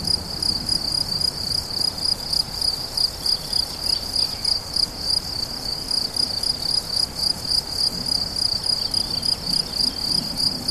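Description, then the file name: Crickets chirping in rapid, even pulses high in pitch, around three and a half a second, continuous for the whole stretch. Several crickets recorded 17 July 2013 at La Fortiche, with an MZ-N710 recorder. "grillons la fortiche"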